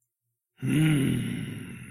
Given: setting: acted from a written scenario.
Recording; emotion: vocal sound without words; anger